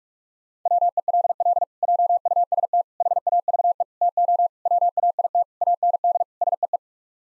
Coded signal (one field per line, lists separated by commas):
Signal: Morse code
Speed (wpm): 46 wpm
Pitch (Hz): 700 Hz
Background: none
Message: WELL JUST HAVE TO WAIT AND SEE